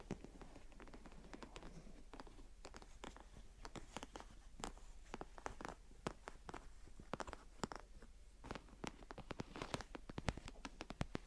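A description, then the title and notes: Gentle tapping and scratching, with sharp clicks and taps landing irregularly but densely throughout, some crisp and bright, others softer. A low rustling scrape runs underneath, fuller in the first few seconds, while the taps grow a little sharper toward the end. Gentle Tapping and Scratching. (No Talking).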